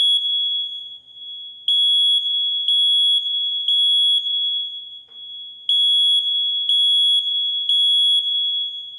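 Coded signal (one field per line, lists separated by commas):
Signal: alarm pattern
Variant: smoke detector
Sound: piercing high-pitched electronic alarm beeps in rapid bursts, separated by short pauses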